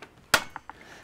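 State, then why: Seated. The kickback chain brake lever on top of a chainsaw is pushed forward and snaps into its engaged position with a sharp, loud click at 0.3 s, locking the chain. Two faint ticks follow at 0.6 s and 0.7 s. The brake is there so that if the saw kicks back and the hand hits the lever, the chain locks.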